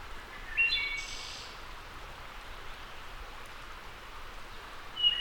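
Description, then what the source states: Wood thrush song with one full flute-like phrase and a high trill, then a long pause before the next phrase begins. Steady soft hiss underneath. Labelled as a return.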